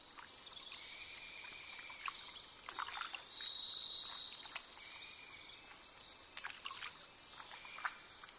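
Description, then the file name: Varied thrush, a soft sustained buzzy whistle near the middle, partly buried in steady high background noise. "jh-040427-variedthrush"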